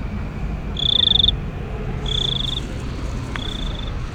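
Cricket giving three brief, high, shrill chirps over steady low background noise.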